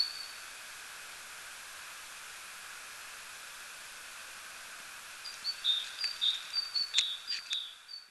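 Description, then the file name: Great tit giving a brief high note, then after about five seconds of hiss a run of high whistled notes alternating between two pitches, with a faint click among them. "Parus major"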